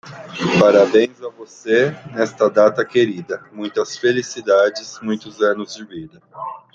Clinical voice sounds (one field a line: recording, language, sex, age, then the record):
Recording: short text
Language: Brazilian Portuguese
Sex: male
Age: 40 to 49 years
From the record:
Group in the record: control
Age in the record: 41 years